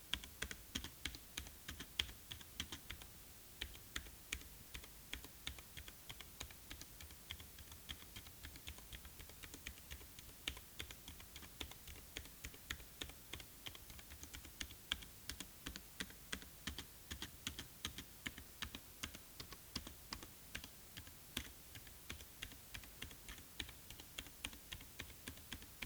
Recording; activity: daily activity, guitar pickup as the sensor; type